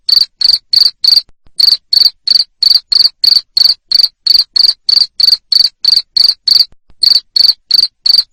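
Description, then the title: Cricket chirps, piercing and evenly spaced at about three each second, interrupted by two short gaps. Loud cricket chirping played to stimulate lovebirds to keep singing (ngekek). "Suara JANGKRIK NGERIK Keras Bikin LOVEBIRD Jadi NGEKEK Terus Vubey"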